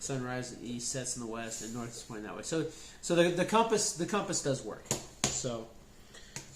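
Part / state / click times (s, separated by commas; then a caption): compass module into a survival multitool handle / seated / 6.4 s. Someone talks, then the small compass module of a Votagoo survival kit is slid back into its slot in the plastic survival multitool body. A short, sharp click sounds at 6.4 s as the compass locks into place.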